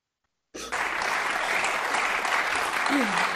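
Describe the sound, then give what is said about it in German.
A crowd bursts into sustained applause after a moment of silence, dense clapping that holds steady and loud throughout, with a faint voice briefly audible near the end. “Alle klatschen.”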